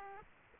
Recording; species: mosquito wingbeat signal from an infrared sensor; Aedes aegypti